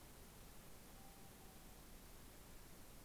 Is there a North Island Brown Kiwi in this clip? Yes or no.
no